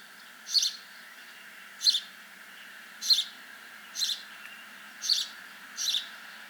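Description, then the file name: House sparrow giving short, harsh chirps, one roughly every second, over a steady high background hiss. "Passer domesticus"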